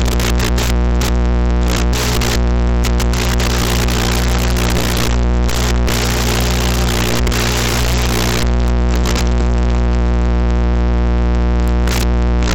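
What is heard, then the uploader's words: Drone flight audio: a steady, dense motor whine with strong low hum, loud throughout, with brief crackly bursts scattered across the thirteen seconds. The audio telemetry provided by a drone flight.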